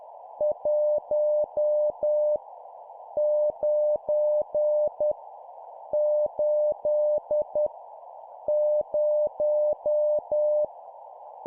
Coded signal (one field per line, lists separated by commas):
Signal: Morse code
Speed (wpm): 10 wpm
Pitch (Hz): 600 Hz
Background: none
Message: 1 9 8 0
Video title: 10wpm Random Numbers, morse code course